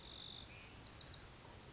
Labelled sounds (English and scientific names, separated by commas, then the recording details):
Bewick's Wren (Thryomanes bewickii)
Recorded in Sonoma County, California